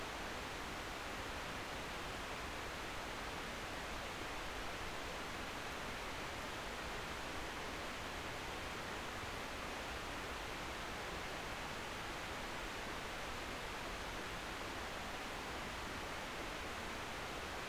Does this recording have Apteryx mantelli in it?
no